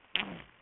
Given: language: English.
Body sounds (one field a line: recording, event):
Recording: throat vibration sensor signal played as sound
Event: throat clearing